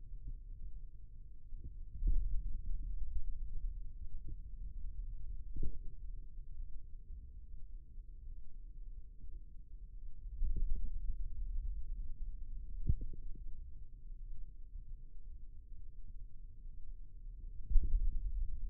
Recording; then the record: forearm muscle sounds (acoustic myography)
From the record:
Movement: ulnar deviation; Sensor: system 2, bracelet of six BSWA MPA416 microphones around the upper forearm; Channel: 4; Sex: male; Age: 22 years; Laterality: right